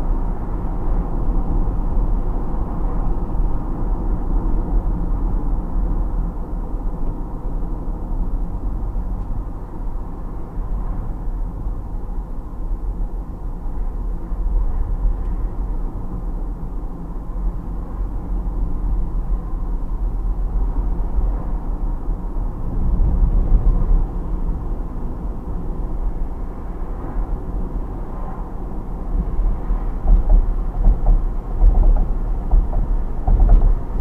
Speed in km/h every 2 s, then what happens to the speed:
66, 64, 59, 53, 51, 50, 50, 48, 50, 48, 44, 44, 46, 46, 46, 48, 48.
0-7 slows to 51. 7-34 steady at about 48.